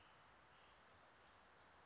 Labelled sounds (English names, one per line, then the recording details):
Western Flycatcher
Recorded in Sonoma County, California